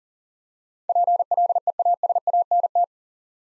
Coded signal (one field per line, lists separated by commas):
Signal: Morse code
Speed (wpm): 37 wpm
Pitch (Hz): 700 Hz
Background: none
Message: PLEASANT